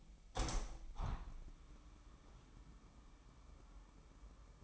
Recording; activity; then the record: daily activity, microphone in the room; open window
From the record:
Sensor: 1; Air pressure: 998.6 hPa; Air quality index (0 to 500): 124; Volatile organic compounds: 3 ppm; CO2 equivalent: 1485 ppm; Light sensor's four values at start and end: 8/18/7/9 and 8/19/8/9